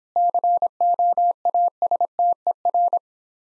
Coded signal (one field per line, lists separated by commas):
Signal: Morse code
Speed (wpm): 26 wpm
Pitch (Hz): 700 Hz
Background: none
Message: COASTER